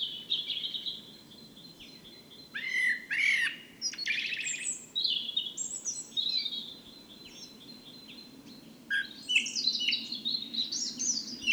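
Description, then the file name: Common blackbird singing dense, overlapping warbled and squeaky phrases with a steady high tone running through, against constant low background noise. "Turdus merula"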